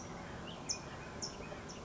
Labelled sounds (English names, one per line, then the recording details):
California Towhee
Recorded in Sonoma County, California